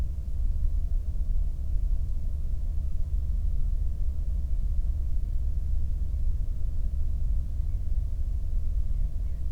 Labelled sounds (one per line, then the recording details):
near silence
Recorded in the Prudhoe Bay oil fields, Alaska, on 22 May 2019 at 01:07
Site 19